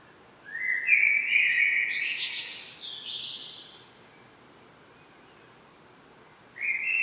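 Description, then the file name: Common blackbird song: one mellow whistled phrase rising into a thin, scratchy flourish, several seconds of quiet, then the start of another phrase. "Turdus merula"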